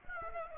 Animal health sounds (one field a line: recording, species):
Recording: mosquito wingbeat signal from an infrared sensor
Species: Aedes aegypti